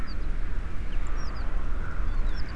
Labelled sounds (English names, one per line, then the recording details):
Common Chaffinch
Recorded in Germany
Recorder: ecoPi